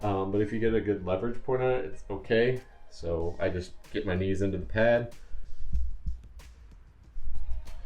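Someone talks while bracing their knees against the pad for leverage on the heavy mower deck of a 2021 SCAG V-Ride II, setting up to pull the deck up into its raised lock position. After the talking stops, a few faint knocks and handling sounds follow around 6.1 to 6.4 seconds, then a louder stretch of noise from about 7.2 seconds. The deck has not locked or clicked into place yet.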